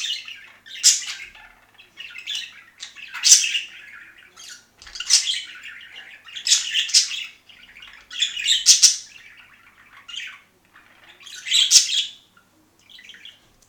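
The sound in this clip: Budgerigars singing: dense chattering warble of scratchy chirps and squeaky notes, bursting in loud clusters every few seconds between softer continuous twittering.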